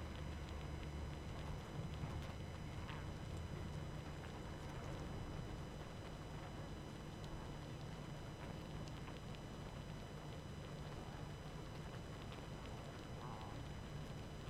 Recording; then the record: honeybee colony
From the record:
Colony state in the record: active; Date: 12 June 2018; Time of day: 23:59